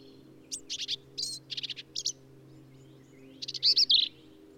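Black-capped vireo song: quick sequences of high, harsh stuttering notes ending in a louder squeaky phrase, with a low hum underneath.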